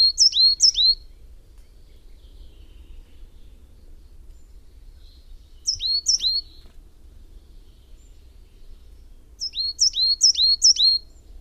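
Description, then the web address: Coal tit song in three separated bouts of sharp, high, repeated two-part notes. "wroblowe ptaki periparus ater"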